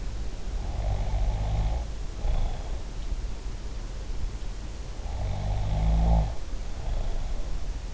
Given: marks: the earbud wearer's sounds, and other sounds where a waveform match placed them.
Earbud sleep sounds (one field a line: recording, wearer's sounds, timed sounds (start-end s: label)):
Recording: sounds in sleep by an in-ear microphone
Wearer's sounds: snoring breath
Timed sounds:
0.48-2.87 s: snoring breath
4.84-7.94 s: snoring breath